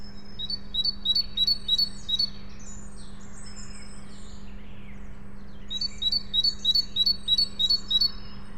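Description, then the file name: Great tit, a bright two-note song phrase repeated quickly in two bursts of several phrases each, with soft twittering between and a steady low hum throughout. "Parus major"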